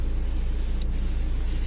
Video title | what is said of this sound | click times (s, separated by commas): Kia Sonet Cooling coil Leak Dashboard Open | lock എടുത്തിട്ടുണ്ട് ഇനി ആ കേബിൾ ജസ്റ്റ് ഒന്ന് മാറ്റിവെക്കുക | 0.8 s